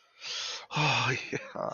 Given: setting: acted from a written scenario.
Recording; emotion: vocal sound without words; elation